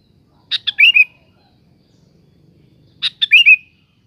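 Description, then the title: Sooty-headed bulbul delivers its short chirp-and-whistle phrase twice, roughly two and a half seconds apart. "Kutilang"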